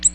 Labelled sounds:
Ovenbird flight call

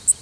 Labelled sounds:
Worm-eating Warbler flight call

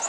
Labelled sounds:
Orange-crowned Warbler flight call

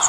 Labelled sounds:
Magnolia Warbler flight call

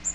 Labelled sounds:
Magnolia Warbler flight call

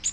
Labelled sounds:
Bay-breasted Warbler flight call

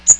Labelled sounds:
Magnolia Warbler flight call

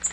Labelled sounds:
Nashville Warbler flight call

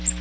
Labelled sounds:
Magnolia Warbler flight call

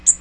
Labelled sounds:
Magnolia Warbler flight call

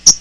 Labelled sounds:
Hooded Warbler flight call

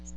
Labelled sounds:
Magnolia Warbler flight call

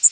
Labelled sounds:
Yellow Warbler flight call

